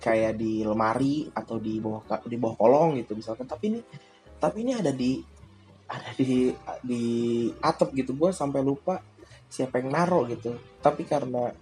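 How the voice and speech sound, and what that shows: An adult man speaking Indonesian, with repeated words and phrases and stretched syllables before restarts, typical of stuttering.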